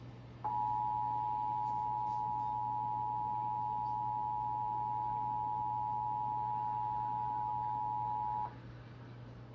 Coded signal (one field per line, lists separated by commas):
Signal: Emergency Alert System (SAME) tones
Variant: 853 and 960 Hz attention tone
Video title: (EAS #509) Severe Thunderstorm Warning for Walworth and Rock, Wisconsin